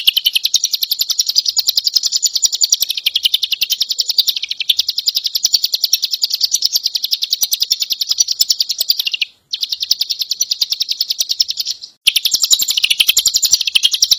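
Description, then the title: Leafbird singing a long run of rapid, shrill, twittering phrases, strongly pulsed and unbroken apart from two short gaps. Described as gacor, singing vigorously and continuously. "Cigun Gacor By Kicauan.net"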